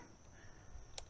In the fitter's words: that little click and it's good